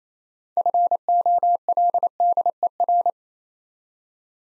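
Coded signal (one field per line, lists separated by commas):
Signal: Morse code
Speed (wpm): 28 wpm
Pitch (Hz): 700 Hz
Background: none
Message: FOLDER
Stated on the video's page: Morse practice of difficult words at 28 wpm, each preceded by a contextual hint.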